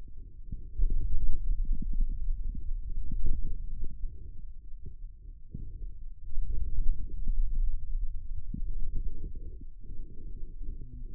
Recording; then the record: forearm muscle sounds (acoustic myography)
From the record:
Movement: hand opening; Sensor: system 2, bracelet of six BSWA MPA416 microphones around the upper forearm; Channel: 6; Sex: male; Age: 22 years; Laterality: right